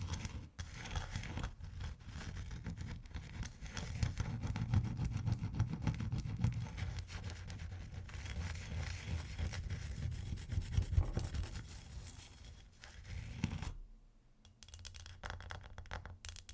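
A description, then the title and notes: Ice is scratched and scraped in a continuous, dense rasp with a heavy low rumble, broken by brief gaps and a few sharper knocks. The scratching swells in the middle, then drops off sharply near fourteen seconds, leaving a quieter, thinner scraping to the end. ASMR Ice Tapping & Scratching (No Talking).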